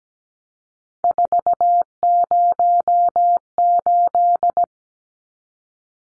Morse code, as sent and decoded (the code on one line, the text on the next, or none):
....- ----- ---..
408